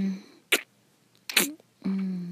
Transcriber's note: spit